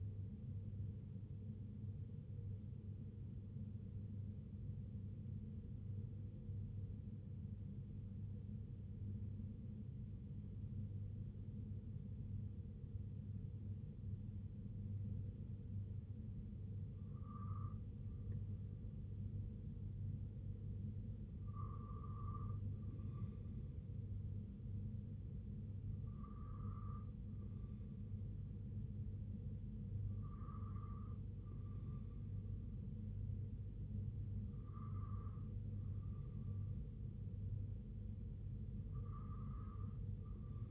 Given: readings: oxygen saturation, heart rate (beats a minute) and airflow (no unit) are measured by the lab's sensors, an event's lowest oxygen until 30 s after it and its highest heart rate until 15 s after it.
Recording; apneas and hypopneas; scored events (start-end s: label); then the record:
breathing in sleep by a smartphone at the bedside; 1
4.00-25.10 s: hypopnea (N2, oxygen 95% highest, then 92% lowest, heart rate 55 at the start, 67 highest)
From the record:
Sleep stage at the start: N2 (light sleep); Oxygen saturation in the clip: 87 to 95%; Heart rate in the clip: 55 to 67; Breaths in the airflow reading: 6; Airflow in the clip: -4.6 to 3.2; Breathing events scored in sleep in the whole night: 258 in 7.4 hours asleep